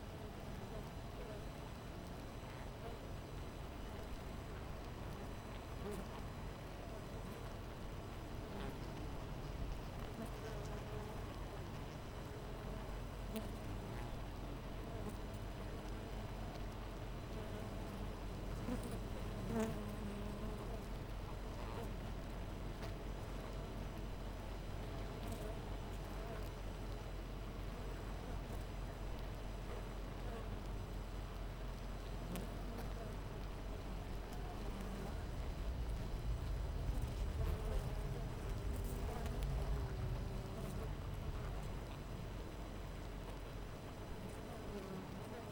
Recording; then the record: honeybee colony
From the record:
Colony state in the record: missing queen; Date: 14 July 2017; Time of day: 4:38